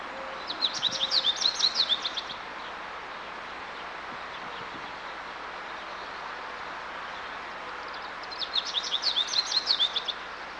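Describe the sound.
Bird chirping in two bursts of rapid, high twittering notes, each about two seconds long, separated by a long pause, over a steady background hiss.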